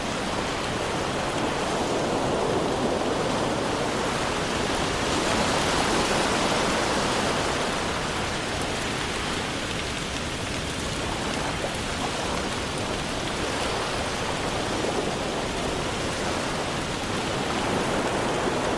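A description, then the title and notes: Steady rain hisses without pause, a dense even wash of countless fine drops with a bright, airy top. Loudness barely shifts across the whole stretch, with only slight swells, and no distinct wave breaks stand out beneath the constant patter. Rain Sounds.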